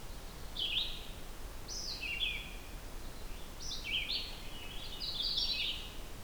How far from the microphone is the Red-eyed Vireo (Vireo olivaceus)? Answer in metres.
about 30 m